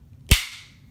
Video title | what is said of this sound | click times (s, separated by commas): Fiskars Power-Lever Extendable Hedge Shears (25"-33") | they lock into place you don't have to make them all the way long or short you can stop anywhere in between there | 0.3 s